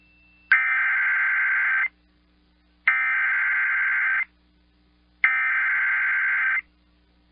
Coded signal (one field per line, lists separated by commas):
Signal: Emergency Alert System (SAME) tones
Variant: header bursts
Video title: EAS Timeline: Catastrophic Hurricane Fiona Makes Landfall in Puerto Rico NOAA Weather Radio/TV